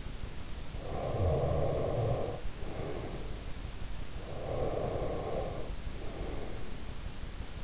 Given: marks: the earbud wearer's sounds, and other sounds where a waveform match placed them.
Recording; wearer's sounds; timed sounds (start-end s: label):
sounds in sleep by an in-ear microphone; breath
0.80-3.52 s: breath
4.23-6.72 s: breath